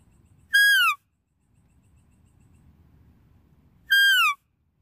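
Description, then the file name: Deer calls: two loud, whistled squeals that slide downward, about three and a half seconds apart, over a faint low rumble. "Tieng con nai keu"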